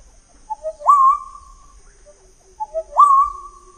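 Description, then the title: Black-naped oriole song, two rich whistled phrases each sliding upward into a held note, with a high insect drone behind. "kepodang"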